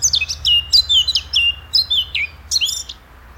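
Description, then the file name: Eurasian blackcap giving a short burst of song: a quick run of clear, downward-slurred whistled notes with chips. "Sylvia atricapilla"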